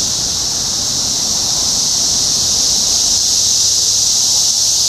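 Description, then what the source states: Cicadas in full chorus, a relentless high buzz with a faint low hum in the background. Cicadas recorded in Topeka, Kansas, on 14 June 2015.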